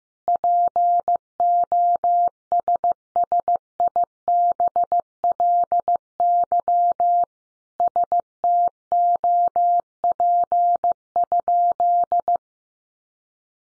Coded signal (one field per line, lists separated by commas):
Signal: Morse code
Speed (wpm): 15 wpm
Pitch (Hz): 700 Hz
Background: none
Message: POSSIBLY STOP?